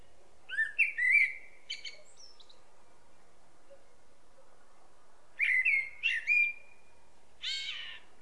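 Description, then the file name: Common blackbird song: two short phrases about five seconds apart, mixing mellow whistles with high squeaky notes. "Turdus merula"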